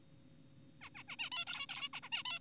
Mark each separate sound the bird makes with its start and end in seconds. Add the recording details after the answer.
0.82-0.90, 0.95-1.03, 1.08-1.16, 1.19-1.30, 1.32-1.45, 1.47-1.67, 1.69-1.89, 1.94-2.00, 2.03-2.09, 2.12-2.23, 2.26-2.39. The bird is an adult. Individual g4p5U